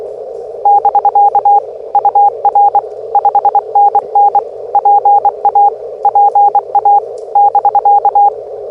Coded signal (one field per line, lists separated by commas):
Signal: Morse code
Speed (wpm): 22 wpm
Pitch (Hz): 810 Hz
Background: none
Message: <BK> UR 5NN PA PA <BK>